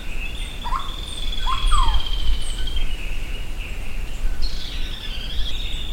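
Bird calls: sharp downslurred notes early on, then long high whistled tones held for seconds, with high faint chips and a constant low rumble beneath.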